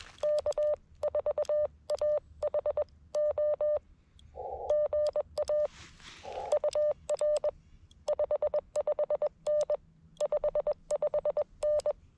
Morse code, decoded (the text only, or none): K4AHO GA UR 55N 55N